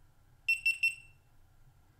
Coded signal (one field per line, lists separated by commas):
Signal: none